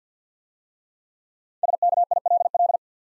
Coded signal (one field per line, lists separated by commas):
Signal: Morse code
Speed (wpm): 54 wpm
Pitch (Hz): 700 Hz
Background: none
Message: SKILL